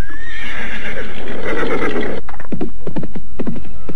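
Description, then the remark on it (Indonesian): A horse whinnies loudly for about two seconds with a rising, wavering cry as riders stop their horses, then hooves clop in a quick, uneven cluster of hits before settling to a stop. “Lihatlah itu, mereka menghentikan kudanya.”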